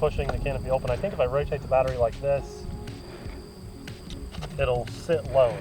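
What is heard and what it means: Someone talks while rotating the battery in an RC airplane's fuselage so it sits lower, then pressing the foam and plastic canopy hatch down toward its latch, with a few brief handling sounds around 2.9, 3.9 and 4.1 seconds. Nothing has seated or clicked yet; the canopy is not latched when the clip ends.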